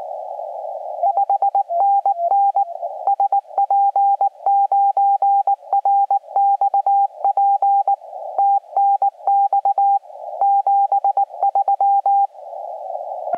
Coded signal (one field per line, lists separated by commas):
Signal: Morse code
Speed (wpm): 19 wpm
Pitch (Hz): 800 Hz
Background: radio noise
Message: 5NN SP9RXP TNX 73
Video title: DX Bonanza!! on Decoded CW POTA Activation using my FT-891